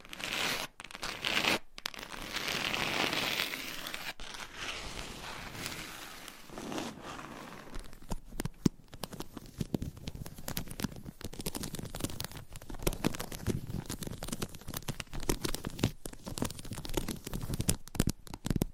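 Scratching and tracing on a surface, a dense rough texture with bright hiss for the first seven seconds or so. After that it turns into quicker, choppier strokes and light taps, with frequent short gaps and bursts continuing steadily to the end.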